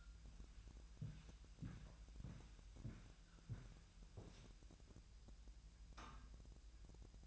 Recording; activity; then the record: daily activity, microphone in the room; walk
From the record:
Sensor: 2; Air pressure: 1002.0 hPa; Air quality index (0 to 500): 227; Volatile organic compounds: 55 ppm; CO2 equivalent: 3358 ppm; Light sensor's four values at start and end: 6/16/6/7 and 6/15/6/7